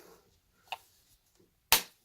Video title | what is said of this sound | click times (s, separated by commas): DIY How to change / replace BMW Key Fob Battery for BMW 1, 3, 5, 7 series & X5 | There you go. You're going to hear the snap noise. | 1.7 s